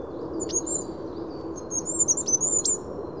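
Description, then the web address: Goldcrest song: rapid, needle-thin high notes in a quick wavering sequence, against a continuous low background hum. "birdify Regulus regulus"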